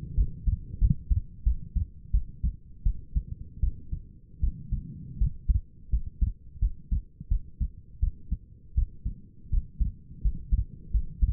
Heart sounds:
heart sounds by stethoscope; 84 bpm
0.15 s: heartbeat
0.79 s: heartbeat
1.44 s: heartbeat
2.12 s: heartbeat
2.84 s: heartbeat
3.61 s: heartbeat
4.41 s: heartbeat
5.18 s: heartbeat
5.90 s: heartbeat
6.60 s: heartbeat
7.29 s: heartbeat
8.00 s: heartbeat
8.75 s: heartbeat
9.50 s: heartbeat
10.22 s: heartbeat
10.92 s: heartbeat
From the record:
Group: healthy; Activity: rest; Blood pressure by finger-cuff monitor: 145/96 mmHg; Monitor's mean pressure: 110 mmHg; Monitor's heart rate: 83 bpm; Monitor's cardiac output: 5.9 L/min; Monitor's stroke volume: 70 mL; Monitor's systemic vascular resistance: 1390 dyn s/cm5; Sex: female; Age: 37 years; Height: 168 cm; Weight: 70 kg

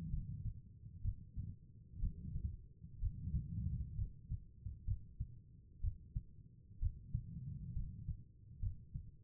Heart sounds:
heart sounds by stethoscope; 64 bpm
0.10 s: heartbeat
1.02 s: heartbeat
2.00 s: heartbeat
2.99 s: heartbeat
3.95 s: heartbeat
4.85 s: heartbeat
5.81 s: heartbeat
6.79 s: heartbeat
7.73 s: heartbeat
8.60 s: heartbeat
From the record:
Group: healthy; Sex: female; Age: 36 years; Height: 163 cm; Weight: 88 kg

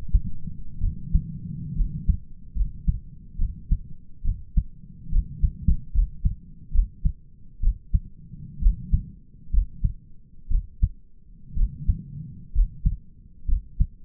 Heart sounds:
heart sounds by stethoscope; 66 bpm
0.82 s: heartbeat
1.77 s: heartbeat
2.56 s: heartbeat
3.39 s: heartbeat
4.25 s: heartbeat
5.12 s: heartbeat
5.94 s: heartbeat
6.74 s: heartbeat
7.63 s: heartbeat
8.62 s: heartbeat
9.53 s: heartbeat
10.50 s: heartbeat
11.57 s: heartbeat
12.54 s: heartbeat
13.48 s: heartbeat
From the record:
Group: healthy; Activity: rest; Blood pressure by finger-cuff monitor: 95/51 mmHg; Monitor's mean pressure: 65 mmHg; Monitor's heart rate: 66 bpm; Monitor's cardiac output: 7 L/min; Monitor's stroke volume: 100 mL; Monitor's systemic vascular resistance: 680 dyn s/cm5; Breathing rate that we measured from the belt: 18 breaths a minute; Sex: male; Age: 22 years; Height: 181 cm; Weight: 79 kg

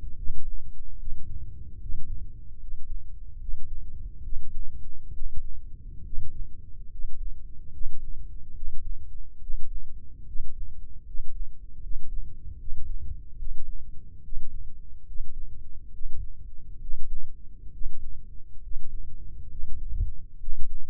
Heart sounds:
heart sounds by microphone in the left ear; 71 bpm
0.15 s: heartbeat
0.96 s: heartbeat
1.78 s: heartbeat
2.58 s: heartbeat
3.38 s: heartbeat
4.21 s: heartbeat
5.11 s: heartbeat
6.02 s: heartbeat
6.88 s: heartbeat
7.70 s: heartbeat
8.52 s: heartbeat
9.39 s: heartbeat
10.24 s: heartbeat
11.03 s: heartbeat
11.80 s: heartbeat
12.57 s: heartbeat
13.36 s: heartbeat
14.21 s: heartbeat
15.04 s: heartbeat
15.90 s: heartbeat
16.78 s: heartbeat
17.70 s: heartbeat
18.60 s: heartbeat
19.48 s: heartbeat
20.37 s: heartbeat
From the record:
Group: healthy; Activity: rest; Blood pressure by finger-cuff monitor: 109/68 mmHg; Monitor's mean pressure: 79 mmHg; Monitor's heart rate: 71 bpm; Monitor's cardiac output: 6.8 L/min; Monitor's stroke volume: 93 mL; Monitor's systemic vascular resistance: 850 dyn s/cm5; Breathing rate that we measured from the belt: 15 breaths a minute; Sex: male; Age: 23 years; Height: 178 cm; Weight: 96.6 kg

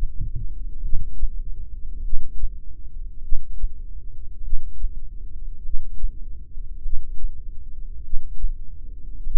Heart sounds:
heart sounds by microphone in the left ear; 50 bpm
0.84 s: heartbeat
2.04 s: heartbeat
3.23 s: heartbeat
4.44 s: heartbeat
5.64 s: heartbeat
6.85 s: heartbeat
8.05 s: heartbeat
9.25 s: heartbeat
From the record:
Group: heart failure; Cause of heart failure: cardiac sarcoid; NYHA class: 1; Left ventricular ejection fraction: 39%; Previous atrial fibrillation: present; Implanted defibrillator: present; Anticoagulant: apixaban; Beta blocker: carvedilol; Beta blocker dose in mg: 50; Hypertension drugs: ramipril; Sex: male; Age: 79 years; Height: 184 cm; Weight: 92.5 kg

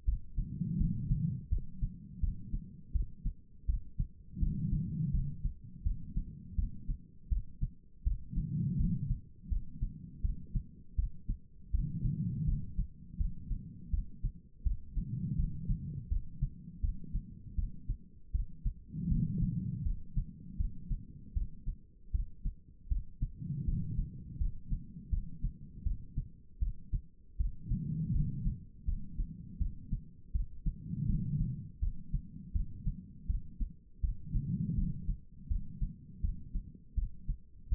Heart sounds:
heart sounds by stethoscope; 81 bpm
0.05 s: heartbeat
0.78 s: heartbeat
1.49 s: heartbeat
2.21 s: heartbeat
2.93 s: heartbeat
3.66 s: heartbeat
4.40 s: heartbeat
5.12 s: heartbeat
5.83 s: heartbeat
6.56 s: heartbeat
7.29 s: heartbeat
8.04 s: heartbeat
8.77 s: heartbeat
9.49 s: heartbeat
10.22 s: heartbeat
10.96 s: heartbeat
11.72 s: heartbeat
12.45 s: heartbeat
13.18 s: heartbeat
13.91 s: heartbeat
14.64 s: heartbeat
15.37 s: heartbeat
16.09 s: heartbeat
16.81 s: heartbeat
17.56 s: heartbeat
18.32 s: heartbeat
19.09 s: heartbeat
19.83 s: heartbeat
20.57 s: heartbeat
21.34 s: heartbeat
22.12 s: heartbeat
22.89 s: heartbeat
23.65 s: heartbeat
24.38 s: heartbeat
25.10 s: heartbeat
25.84 s: heartbeat
26.60 s: heartbeat
27.38 s: heartbeat
28.12 s: heartbeat
28.86 s: heartbeat
29.59 s: heartbeat
30.33 s: heartbeat
31.07 s: heartbeat
31.80 s: heartbeat
32.53 s: heartbeat
33.27 s: heartbeat
34.01 s: heartbeat
34.75 s: heartbeat
35.48 s: heartbeat
36.22 s: heartbeat
36.95 s: heartbeat
37.69 s: heartbeat
From the record:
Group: healthy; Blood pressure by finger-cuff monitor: 105/73 mmHg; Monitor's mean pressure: 86 mmHg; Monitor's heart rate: 81 bpm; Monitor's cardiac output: 4.8 L/min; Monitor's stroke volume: 59 mL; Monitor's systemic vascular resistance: 1310 dyn s/cm5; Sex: female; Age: 51 years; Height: 162 cm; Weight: 70.04 kg

